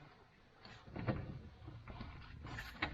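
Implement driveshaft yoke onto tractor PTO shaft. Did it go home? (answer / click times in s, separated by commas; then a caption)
no / none. An implement driveshaft yoke is being handled onto the splined steel PTO shaft of a Kubota BX23s tractor, with the spring-loaded lock ring pulled back. Soft scraping and shuffling handling noises include sharp knocks near 1.1 and 2.8 seconds. Nothing has seated or clicked yet; the collar has not locked onto the shaft.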